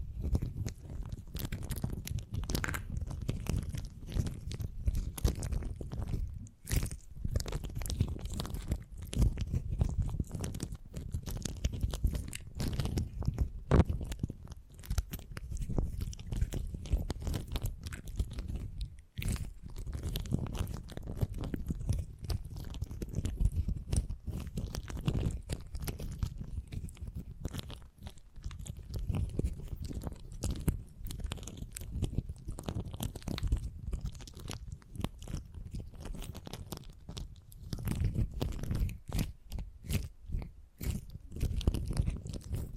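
Sticky, crackling handling of beeswax fills the whole stretch, a dense run of small crunches and soft squeaks much like chewing. Low thumps and rubbing sit underneath, and the texture stays busy throughout, with brief sharp clicks near 7, 14 and 19 seconds.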